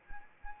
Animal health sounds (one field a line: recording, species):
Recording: mosquito wingbeat signal from an infrared sensor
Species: Anopheles arabiensis